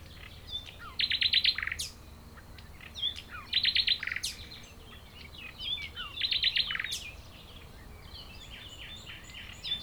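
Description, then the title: Common nightingale song: three bursts of rapid, rattling repeated high notes about every two and a half seconds, with short chirps and whistles between them. Several nightingales singing at Chindrieux, France; recordist a few metres from the foreground singer. "195 Rue de Vars, Chindrieux, France - Rossignols"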